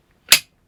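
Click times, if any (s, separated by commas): 0.3 s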